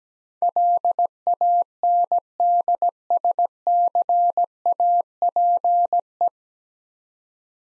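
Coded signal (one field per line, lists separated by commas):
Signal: Morse code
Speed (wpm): 17 wpm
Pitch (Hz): 700 Hz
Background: none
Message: LANDSCAPE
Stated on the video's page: Morse head-copy drill of nine-letter words at 17 wpm, each sent, spoken, then sent again.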